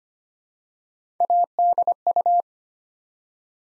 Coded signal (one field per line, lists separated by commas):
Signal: Morse code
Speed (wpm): 25 wpm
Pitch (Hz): 700 Hz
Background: none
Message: ADU